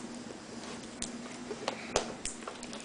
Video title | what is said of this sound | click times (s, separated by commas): How to replace laptop screen [Toshiba L655-0D LED] | now you hear that click | 1.7 s, 2.0 s